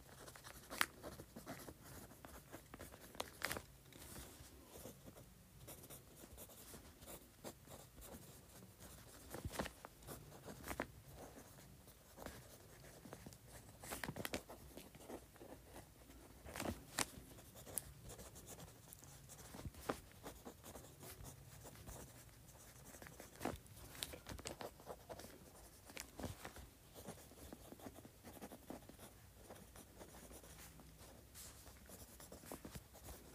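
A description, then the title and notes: A fountain pen scratches steadily across paper, with frequent brief strokes and occasional sharper taps throughout. ASMR Writing with a Fountain Pen.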